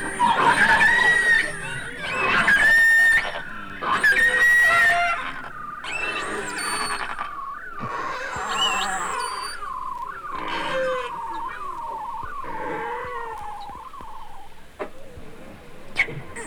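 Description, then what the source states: Beluga whale calls: loud overlapping squeals and buzzy bursts, then a run of repeated chirps, fading into quieter whistles. Several belugas recorded in the Arctic.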